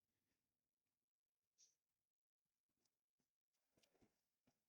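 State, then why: Not seated. Someone handles the telescoping leg extension of a Fanttik Instant Up 6-person instant tent frame, pulling it out toward where its spring-loaded metal pin (the dot) will pop into the leg's hole and lock. Soft rustles and light taps are heard, with a brief bright tick near 1.6 s and a cluster of small knocks around 3.8–4.1 s and 4.5 s. Nothing has seated or clicked into place yet.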